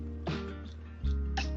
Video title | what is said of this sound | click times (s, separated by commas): I Built My FIRST Budget Gaming & Editing PC for ONLY RM2000 ($450)! (Epic Fail & Fixes) | like this and you'll hear a click sound that's when you know your inside successfully | 1.4 s